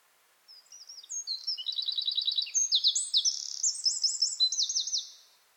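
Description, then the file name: Eurasian wren song, a loud rapid outpouring of high trills and sharp notes lasting about four and a half seconds, rising in energy before fading away. "Troglodytes troglodytes"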